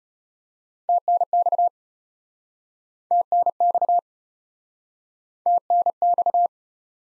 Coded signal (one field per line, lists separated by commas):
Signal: Morse code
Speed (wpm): 34 wpm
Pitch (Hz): 700 Hz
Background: none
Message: TNX TNX TNX